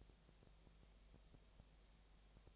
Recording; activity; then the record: daily activity, microphone in the room; no activity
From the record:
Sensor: 1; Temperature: 19.8 degrees Celsius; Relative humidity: 37.9%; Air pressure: 998.8 hPa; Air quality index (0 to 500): 233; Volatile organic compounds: 134 ppm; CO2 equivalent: 3949 ppm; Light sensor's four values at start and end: 1/2/1/1 and 1/2/1/1